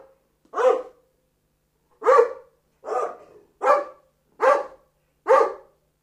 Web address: Tiere Hunde Dobermann